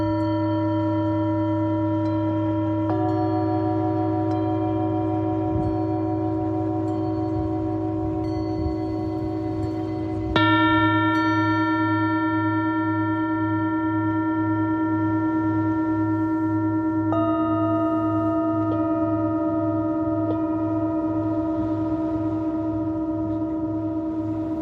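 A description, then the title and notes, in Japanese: A singing bowl is struck and left to ring, its pure, sustained tones layering and slowly fading. A steady low hum runs underneath throughout. Fresh strikes at about 3, 10 and 17 seconds add brighter overtones, the one near 10 seconds the loudest. メキシコから シンギングボウルのサウンドヒーリング ライブ。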